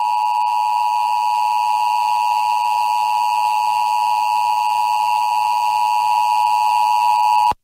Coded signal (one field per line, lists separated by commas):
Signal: Emergency Alert System (SAME) tones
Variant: 853 and 960 Hz attention tone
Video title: EAS Earthquake Warning/Tsunami Warning (Caribe Wave '22) US Virgin Islands NOAA Weather Radio/IPAWS